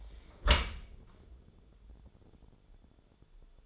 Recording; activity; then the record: daily activity, microphone in the room; close dishwasher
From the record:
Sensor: 5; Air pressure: 1015.0 hPa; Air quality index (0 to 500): 109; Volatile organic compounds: 2 ppm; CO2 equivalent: 1174 ppm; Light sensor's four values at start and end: 34/79/32/32 and 35/80/32/32